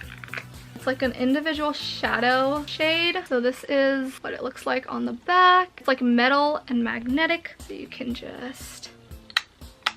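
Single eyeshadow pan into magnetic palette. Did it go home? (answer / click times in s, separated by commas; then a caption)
yes / 9.4 s. A single eyeshadow pan with a metal back is pressed into a magnetic custom palette while someone talks over background music. It snaps into place with a sharp click at 9.4 s, and the pan is seated.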